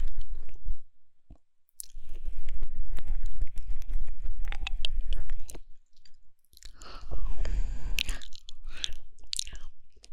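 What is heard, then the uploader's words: Wet mouth sounds of deep ear licking come in dense bursts of smacking, slurping and crunchy clicks, with a deep rumble underneath. Two short silent gaps break it up, near one second and again around six seconds, before the licking resumes, wetter and busier. 深入舔耳. 口腔音. Deep Ear Licking. NO Talking.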